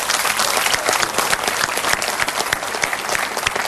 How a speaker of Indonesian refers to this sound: Dan kita sekali lagi berikan tepuk tangan pada legenda-legenda Indonesia.